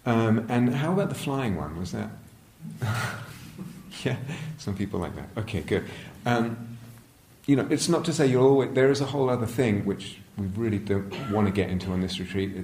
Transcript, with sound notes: And how about the flying one? Was that...? [laughs] Yeah? Some people like that. Okay, good. You know, it's not to say you're always -- there is a whole other thing which we really don't want to get into on this retreat.